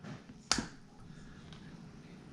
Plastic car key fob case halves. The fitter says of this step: going to turn, you're going to hear a snap.